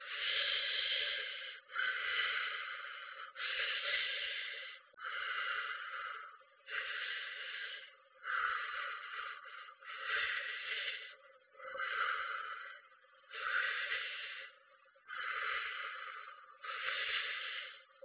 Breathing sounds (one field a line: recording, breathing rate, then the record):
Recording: paced breathing near a phone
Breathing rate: 18 breaths a minute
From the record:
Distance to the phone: 20 cm